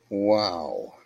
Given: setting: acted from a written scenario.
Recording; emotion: vocal sound without words; interest